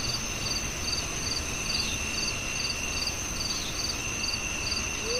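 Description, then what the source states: Rapid, evenly spaced cricket chirps ride over a sustained high-pitched drone, with a single faint hoot starting at the very end. At night, with owls.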